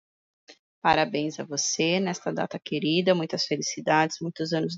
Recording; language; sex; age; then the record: short text; Brazilian Portuguese; female; 40 to 49 years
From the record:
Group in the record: control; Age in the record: 45 years